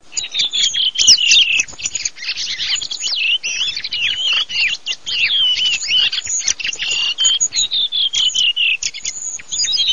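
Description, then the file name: Redwing twittering: a dense, nearly continuous stream of high squeaky chirps and short warbled notes throughout, with only brief dips. "TORDO SASSELLO"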